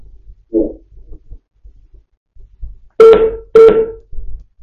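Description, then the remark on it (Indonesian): A caller's phone line cuts off because of technical problems, leaving two loud, steady mid-pitched beeps of a disconnect tone in quick succession, after a faint low murmur and some quiet line noise. “Qadarullah terputus lagi. Hari ini telepon banyak kendala teknis.”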